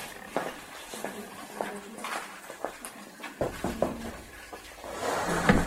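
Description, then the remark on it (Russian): An extra chair is shifted and set in place by men during a class, giving several short wooden knocks and scrapes at uneven intervals over a low murmur of voices, ending in a louder bump and rustle. “Вот сюда еще стульчик один поставьте.”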